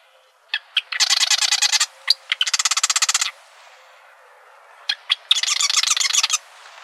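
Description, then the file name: Marsh wren: isolated ticks followed by two buzzy rattling bursts, a brief gap, then more ticks and a final rattle. Recorded in Arizona on 4 July 2003. "MAWR 3 deviche"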